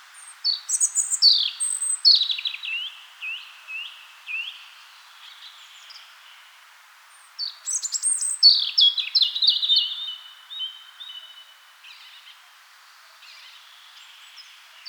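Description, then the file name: European robin singing: two long, varied phrases of thin high whistles, dropping slurs and fast trills, each fading into softer notes, with short silences between. "Rotkehlchen"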